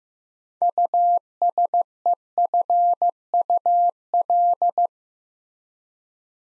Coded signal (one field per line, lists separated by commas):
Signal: Morse code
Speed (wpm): 15 wpm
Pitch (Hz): 700 Hz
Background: none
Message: USEFUL